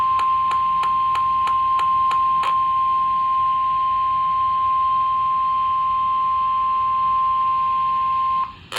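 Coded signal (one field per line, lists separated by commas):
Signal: Emergency Alert System (SAME) tones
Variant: 1050 Hz attention tone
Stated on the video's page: Real alerts from a severe weather outbreak in Ohio.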